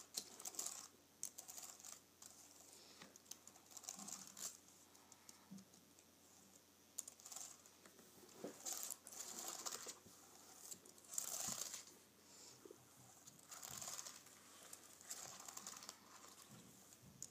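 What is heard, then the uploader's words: Fingernails scrape and tap across a keyboard in bright scratchy bursts every second or two with brief quiet gaps between. Nails Grazing Across my Keyboard.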